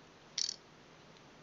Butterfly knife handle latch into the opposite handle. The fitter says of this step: nice lines but it actually Pops in place really nicely